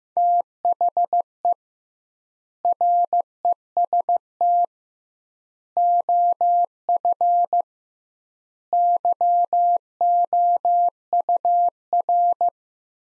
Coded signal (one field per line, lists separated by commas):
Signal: Morse code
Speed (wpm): 15 wpm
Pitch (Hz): 700 Hz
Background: none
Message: THE REST OF YOUR